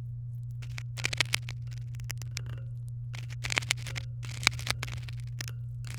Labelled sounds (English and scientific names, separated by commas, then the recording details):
Domestic Canary (Serinus canaria) song
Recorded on 23 April 2018 at 17:56
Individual llb3